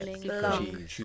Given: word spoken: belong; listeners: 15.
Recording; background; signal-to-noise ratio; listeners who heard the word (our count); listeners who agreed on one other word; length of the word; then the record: one English word in noise, from a listening test; four-talker babble; 0.1 dB; 0 of 15; 7 of 15; 0.64 s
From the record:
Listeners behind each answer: 7, 1, 1, 1, 1, 1, 1, 1, 1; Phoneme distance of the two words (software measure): 24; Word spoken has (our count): 2 syllables, 5 phonemes, stress on syllable 2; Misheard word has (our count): 1 syllable, 3 phonemes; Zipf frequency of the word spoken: 4.30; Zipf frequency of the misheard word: 4.42